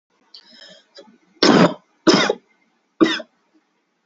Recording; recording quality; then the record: heavy voluntary cough; excellent, no background noise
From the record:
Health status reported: healthy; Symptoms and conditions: hypertension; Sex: male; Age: 28 years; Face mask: not worn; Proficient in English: yes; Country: India